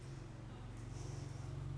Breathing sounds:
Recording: one breath in and out by a microphone near the nose and mouth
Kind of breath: normal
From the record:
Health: marked as sick, illness not named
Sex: female

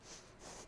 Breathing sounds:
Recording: one breath in and out by a microphone near the nose and mouth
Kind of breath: strong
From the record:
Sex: female

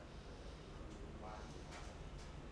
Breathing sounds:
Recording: one breath in and out by a microphone near the nose and mouth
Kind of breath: normal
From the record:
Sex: male

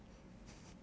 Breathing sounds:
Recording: one breath in and out by a microphone near the nose and mouth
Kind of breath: strong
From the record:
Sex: male

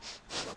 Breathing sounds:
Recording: one breath in and out by a microphone near the nose and mouth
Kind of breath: strong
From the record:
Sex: male

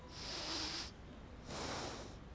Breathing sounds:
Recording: one breath in and out by a microphone near the nose and mouth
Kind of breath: deep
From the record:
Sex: male

